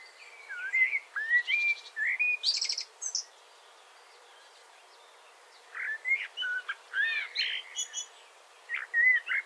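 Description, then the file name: Common blackbird song: mellow whistled warbles mixed with scratchy high trills, a silent pause, then a second run of fluting and chattering notes. "Turdus merula"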